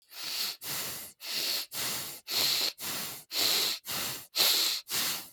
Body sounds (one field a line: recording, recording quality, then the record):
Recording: shallow breathing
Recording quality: excellent, no background noise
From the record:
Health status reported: healthy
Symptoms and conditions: none ticked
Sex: male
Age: 41 years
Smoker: not ticked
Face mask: not worn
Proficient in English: yes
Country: India